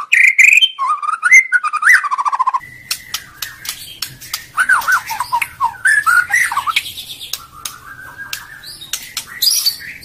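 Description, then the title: White-rumped shama song opening with looping whistled phrases, followed by a dense stream of sharp clicks, chatter and mellow notes over a low steady hum. Song used as a training master for other cage birds to learn from. "MASTERAN MURAI BATU LABAIK"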